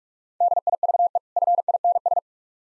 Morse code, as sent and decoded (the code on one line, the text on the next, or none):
-.. .. ...- . / ..-. .. -. ...
DIVE FINS